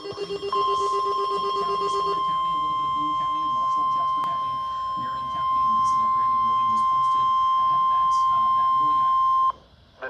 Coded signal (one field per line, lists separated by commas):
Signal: Emergency Alert System (SAME) tones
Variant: 1050 Hz attention tone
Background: speech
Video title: 8-10-20 * Reupload* (DESTRUCTIVE) SVR (EAS #91)